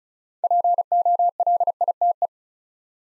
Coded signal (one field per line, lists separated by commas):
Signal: Morse code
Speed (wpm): 36 wpm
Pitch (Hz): 700 Hz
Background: none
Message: POLITE